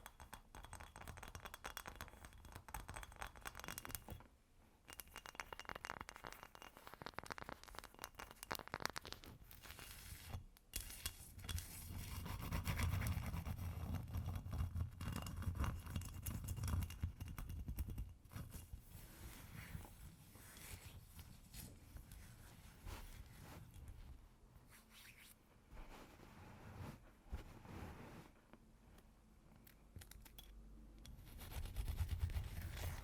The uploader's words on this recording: ASMR Ice Tapping & Scratching (No Talking).